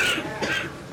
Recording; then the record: coughing mixed with background sound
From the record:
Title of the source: 64 coughing, allergies, singing lungs